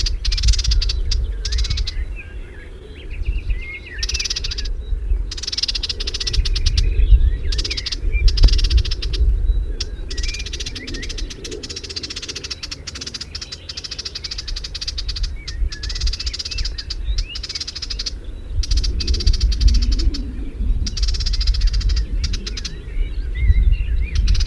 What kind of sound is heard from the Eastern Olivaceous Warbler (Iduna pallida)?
call